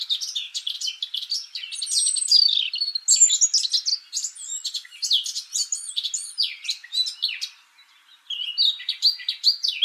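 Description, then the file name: Eurasian blackcap pouring out a lively warble of chirps, trills and clear whistles, with a brief hush near the end before singing starts again. "Sylvia atricapilla"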